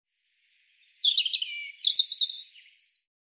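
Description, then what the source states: European robin song: a brief high thin note, then two tumbling, warbling phrases, the second higher and more sparkling, with no other sounds heard. Audio cleaned and normalized.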